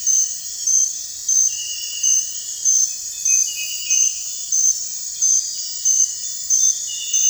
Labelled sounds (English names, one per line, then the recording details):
none
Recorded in dense forest near Puerto Asís, Putumayo, Colombia, on 26 December 2024 at 03:00
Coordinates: 0.468, -76.322
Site G071